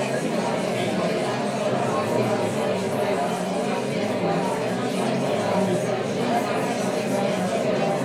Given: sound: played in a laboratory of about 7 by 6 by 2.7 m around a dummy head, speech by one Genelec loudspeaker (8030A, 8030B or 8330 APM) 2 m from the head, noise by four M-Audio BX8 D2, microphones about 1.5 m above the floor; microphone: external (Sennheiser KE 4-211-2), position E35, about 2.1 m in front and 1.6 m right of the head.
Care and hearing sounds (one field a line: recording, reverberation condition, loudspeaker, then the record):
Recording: babble noise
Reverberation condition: medium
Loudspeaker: four, about 170 cm from the corners of the room and facing them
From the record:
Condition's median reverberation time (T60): about 510 ms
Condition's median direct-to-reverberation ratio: about -0.5 dB